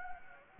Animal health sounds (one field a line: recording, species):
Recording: mosquito wingbeat signal from an infrared sensor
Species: Anopheles gambiae